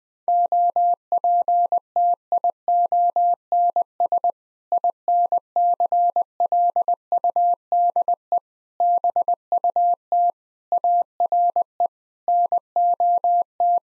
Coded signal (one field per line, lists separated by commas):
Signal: Morse code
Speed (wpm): 21 wpm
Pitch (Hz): 700 Hz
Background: none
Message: OPTIONS INCLUDE BUT ARE NOT